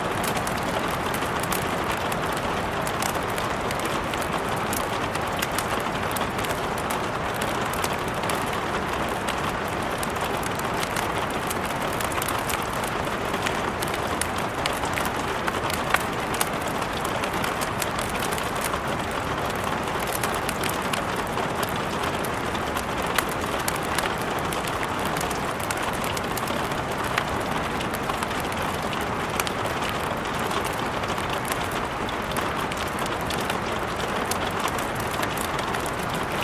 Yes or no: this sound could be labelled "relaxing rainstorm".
yes